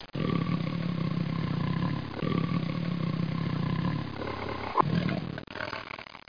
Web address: tiger